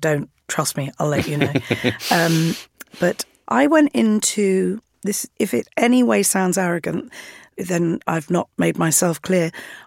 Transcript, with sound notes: And if I don't, trust me, I'll let you know.
(Laughter).
But I went into this - if it any way sounds arrogant, then I've not made myself clear.